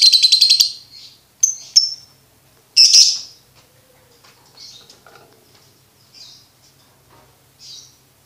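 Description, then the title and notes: Lovebird song: a rapid burst of buzzy, high trilled notes, a few sharp squeaks and a second loud buzzy burst, then sparse, softer chirps. For birds to learn the ngekek song style. "MASTERAN BURUNG. Belajar Ngekek. lofbet"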